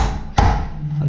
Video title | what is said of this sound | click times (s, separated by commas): Blinds up! - Gobud Pro - E029 HOW TO DIY | you can hear the click click | 0.4 s, 1.0 s